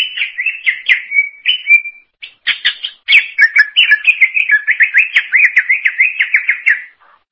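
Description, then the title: Greater green leafbird song, a fast run of chirps and slurred whistles, pausing briefly before a long rapid trilled phrase. "Cucak ijo"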